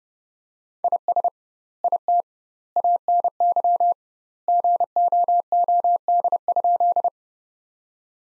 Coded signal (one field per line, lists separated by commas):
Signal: Morse code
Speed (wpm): 32 wpm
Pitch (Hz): 700 Hz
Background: none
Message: IS IT ANY GOOD?